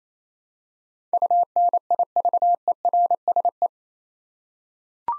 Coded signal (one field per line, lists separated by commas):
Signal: Morse code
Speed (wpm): 28 wpm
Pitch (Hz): 700 Hz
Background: none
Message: UNIVERSE